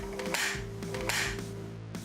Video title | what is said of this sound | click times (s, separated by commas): HighSpeed Installation | supporting your bike tighten the torque right knob until you hear a clicking sound like a gas cap now | 0.3 s, 1.1 s